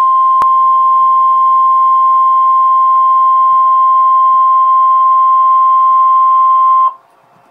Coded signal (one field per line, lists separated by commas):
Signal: Emergency Alert System (SAME) tones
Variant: 1050 Hz attention tone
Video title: REAL EAS 1168-Severe Thunderstorm Warning